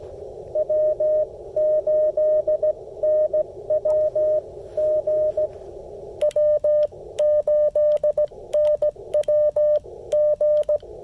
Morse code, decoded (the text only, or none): W8NWG W8NWG